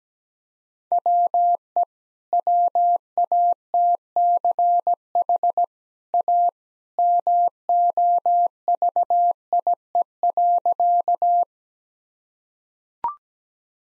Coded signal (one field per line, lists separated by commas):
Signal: Morse code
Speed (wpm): 17 wpm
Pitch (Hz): 700 Hz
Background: none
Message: WE WATCH A MOVIE.